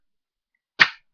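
After reassembly, the gas magazine of a WE MEU M1911 gas blowback airsoft pistol is pushed back into the grip. A faint tick at about 0.6 s is followed by one loud, sharp hit at 0.8 s that fades within a fraction of a second. The magazine seats and the pistol is good to go.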